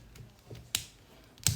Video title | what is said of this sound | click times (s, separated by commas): legend spriggan unboxing in Tamil /AB BLADER | இப்படி lock ஆகிடும். | 0.8 s, 1.5 s